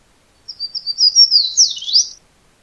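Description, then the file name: Fan-tailed Warbler song: a quick run of high, thin chirping notes lasting under two seconds, building louder and ending in a few emphatic slurred phrases; no other sounds. Recorded at Madera, Arizona, on 27 May 2011. "FTWA Thompson Madera"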